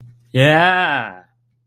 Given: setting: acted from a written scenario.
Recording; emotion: vocal sound without words; triumph